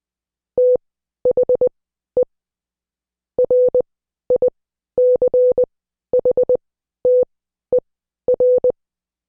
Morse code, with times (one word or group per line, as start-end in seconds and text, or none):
0.6-2.2 THE
3.4-8.7 RICHTER